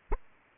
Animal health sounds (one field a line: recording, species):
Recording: mosquito wingbeat signal from an infrared sensor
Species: Aedes aegypti